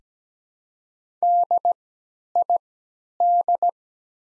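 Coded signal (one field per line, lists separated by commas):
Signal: Morse code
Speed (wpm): 17 wpm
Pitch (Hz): 700 Hz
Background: none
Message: DID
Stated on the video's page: Morse practice sets of the top 100 words at 17 wpm with 3x character spacing, Farnsworth timing easing learners from nonstandard to standard timing.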